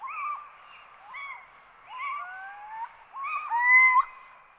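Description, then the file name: Little owl mewing calls, short arched notes in a loose series, ending with a longer, louder drawn-out call overlapped by a thin whistled note. "Athene noctua"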